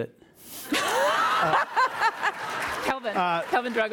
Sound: laughter